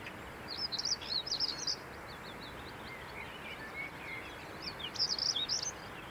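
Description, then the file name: European stonechat song: two bursts of quick scratchy high warbling notes, at the start and near five seconds, with faint chatter between, over constant low background hiss and rumble. Recorded 16 May 2013 on the Fröttmaninger Heide heathland near Munich, Germany. "Schwarzkehlchen. Froettmaninger Heide. Daniel Honold"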